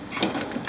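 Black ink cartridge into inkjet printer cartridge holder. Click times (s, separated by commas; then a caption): 0.2 s. A black ink cartridge is pushed into its slot in the cartridge holder of an HP OfficeJet Pro 9012/9015/9016/9019 inkjet printer, with light mechanical rattling. It snaps home with a sharp click at 0.2 s, and a brief tick follows near 0.7 s. The cartridge is seated.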